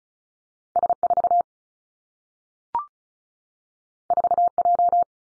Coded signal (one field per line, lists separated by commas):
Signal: Morse code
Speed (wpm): 36 wpm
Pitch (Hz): 700 Hz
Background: none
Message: S 4 4 J